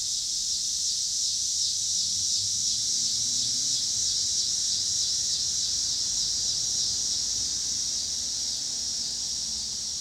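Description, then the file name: Cicada chorus as a continuous shrill buzz without pauses; a passing car adds a soft low sweeping hum beneath it. Pittsburgh, Pennsylvania, 26 August 2023; recorded alongside passing cars. "2023-08-26 cicadas and cars Pittsburgh PA"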